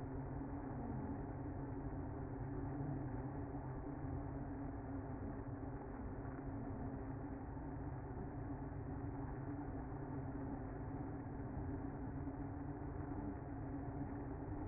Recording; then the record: honeybee colony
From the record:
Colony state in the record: active